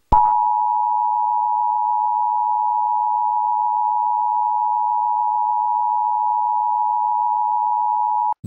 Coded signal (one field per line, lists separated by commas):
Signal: Emergency Alert System (SAME) tones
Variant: 853 and 960 Hz attention tone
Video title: Emergency Alert System - Civil Emergency Message